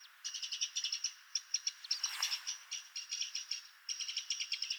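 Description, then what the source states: Eurasian wren giving a dry, rattling call of fast repeated high ticking notes in bursts, with a brief soft rushing sound in the middle. Nominate subspecies Troglodytes troglodytes troglodytes.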